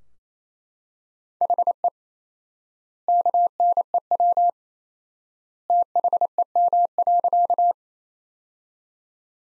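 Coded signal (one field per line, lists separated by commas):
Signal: Morse code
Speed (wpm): 28 wpm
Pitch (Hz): 700 Hz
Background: none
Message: HE KNEW THEM.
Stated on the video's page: Morse practice sentences built from the top 400 words, sent at 28 wpm with 4x standard word spacing, similar to Farnsworth but for words.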